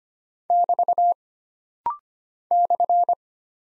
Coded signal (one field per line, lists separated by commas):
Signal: Morse code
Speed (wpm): 25 wpm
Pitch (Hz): 700 Hz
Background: none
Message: <BT> /